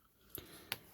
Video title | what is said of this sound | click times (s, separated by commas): Wip & Chat - Foster Kittens, Rosa, Withdrawal Symptoms And Update On David | I love that popping sound which is you know one of the reasons that you have the pop | 0.3 s, 0.7 s